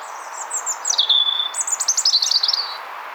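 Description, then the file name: European robin song opening with descending thin whistles, a sustained pure note, then a fast jumbled run of high trilled notes, with faint hiss behind. "Erithacus rubecula"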